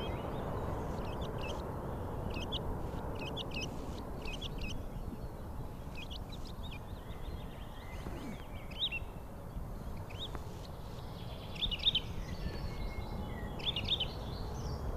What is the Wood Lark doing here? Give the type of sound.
flight song